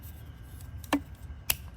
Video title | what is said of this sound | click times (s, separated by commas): Rotating PVC Drainage Fittings: Should You Use Them in Your PVC Yard Drainage System? | It just snaps into place like that. | 1.5 s